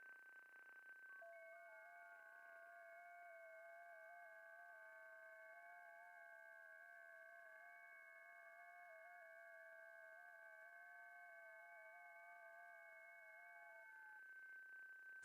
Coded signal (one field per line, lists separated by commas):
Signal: FT8